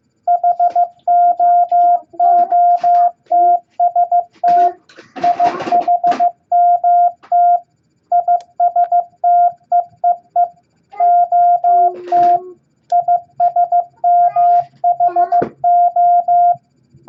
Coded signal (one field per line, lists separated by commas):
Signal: Morse code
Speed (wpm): 15 wpm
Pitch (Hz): 700 Hz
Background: none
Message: HOOTST IHMT ISTEEE OT ISMHO